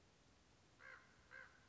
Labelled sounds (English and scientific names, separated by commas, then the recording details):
Acorn Woodpecker (Melanerpes formicivorus)
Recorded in Sonoma County, California